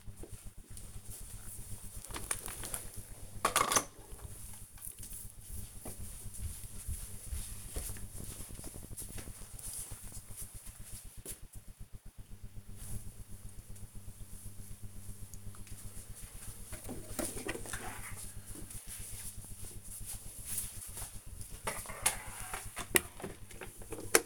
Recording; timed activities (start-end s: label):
household activities, microphone on the right wrist
none